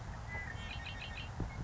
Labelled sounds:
Red-winged Blackbird
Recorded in Sonoma County, California

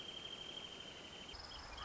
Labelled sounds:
Wrentit
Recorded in Sonoma County, California

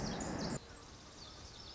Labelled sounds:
Pacific Wren
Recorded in Sonoma County, California

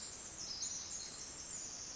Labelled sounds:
Pacific Wren
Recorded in Sonoma County, California

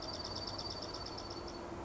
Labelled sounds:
Dark-eyed Junco
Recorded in Sonoma County, California

